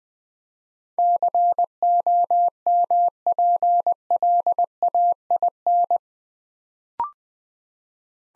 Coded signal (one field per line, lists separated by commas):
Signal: Morse code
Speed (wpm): 20 wpm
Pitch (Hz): 700 Hz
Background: none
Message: COMPLAIN